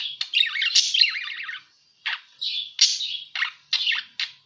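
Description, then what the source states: Parakeet squawks and warbled chirps, a long scratchy phrase followed by several short separate harsh notes with brief silences between. Lure sound used for catching birds.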